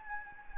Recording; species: mosquito wingbeat signal from an infrared sensor; Anopheles gambiae